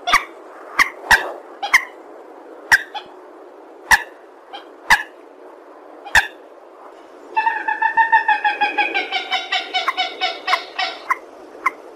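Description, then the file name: Purple swamphen giving spaced single nasal barks, then a fast, even run of harmonic honks for the last few seconds. "tieng trich re keu"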